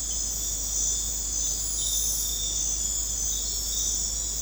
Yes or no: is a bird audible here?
no